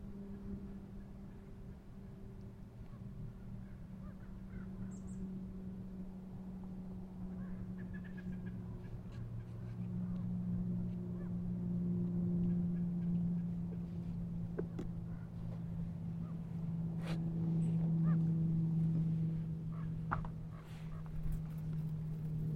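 At Manzanita Barren in Montclair, CA, a steady low engine-like drone hums throughout, swelling louder around 11–13 and 17–19 seconds as if a vehicle passes. Scattered sharp ticks and clicks break through, with a few faint high chirps near 5 and 8 seconds.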